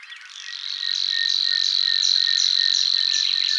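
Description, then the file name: Savi's warbler giving a continuous, rapid, mechanical reeling trill that quickly swells to full strength and stays steady throughout. "Locustelle luscinioide"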